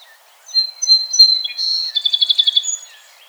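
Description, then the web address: Song sparrow song: steady whistled notes, then a buzzy phrase leading into a fast, evenly pulsed trill and a high closing whistle, over light background noise. 17 June 2007. "Song Sparrow 2007 06 17"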